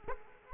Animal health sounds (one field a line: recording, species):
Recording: mosquito wingbeat signal from an infrared sensor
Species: Aedes aegypti